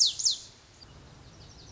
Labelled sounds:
Lazuli Bunting (Passerina amoena)
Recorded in Sonoma County, California

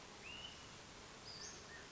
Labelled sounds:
Western Flycatcher (Empidonax difficilis)
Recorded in Sonoma County, California

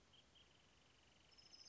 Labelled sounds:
Wrentit (Chamaea fasciata)
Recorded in Sonoma County, California

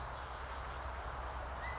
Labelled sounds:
California Quail (Callipepla californica)
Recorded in Sonoma County, California

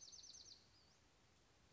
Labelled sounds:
Western Flycatcher (Empidonax difficilis)
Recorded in Sonoma County, California

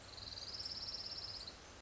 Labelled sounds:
Orange-crowned Warbler (Leiothlypis celata)
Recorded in Sonoma County, California

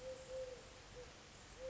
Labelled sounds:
Eurasian Collared Dove (Streptopelia decaocto)
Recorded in Sonoma County, California

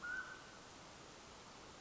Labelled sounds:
Mountain Quail (Oreortyx pictus)
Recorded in Sonoma County, California

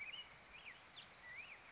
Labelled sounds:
Black-headed Grosbeak (Pheucticus melanocephalus)
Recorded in Sonoma County, California

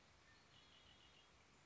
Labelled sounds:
Red-winged Blackbird (Agelaius phoeniceus)
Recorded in Sonoma County, California

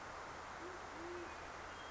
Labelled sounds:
Band-tailed Pigeon (Patagioenas fasciata)
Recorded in Sonoma County, California

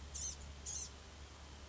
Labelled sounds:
Blue-gray Gnatcatcher (Polioptila caerulea)
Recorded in Sonoma County, California

